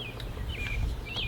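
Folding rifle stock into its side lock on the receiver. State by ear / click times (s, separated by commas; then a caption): not seated / none. The folding stock of a CZ Bren 2 rifle is being handled and folded over toward its side lock on the receiver, with steady outdoor background noise and bird chirps. The stock has not yet locked into its folded position, and nothing has seated or clicked yet.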